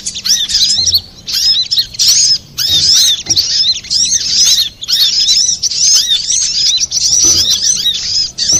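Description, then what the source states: Little spiderhunter song: repeated bursts of shrill, hurried chattering notes, each phrase packed with quick arched squeaks. Master recording for training cage birds.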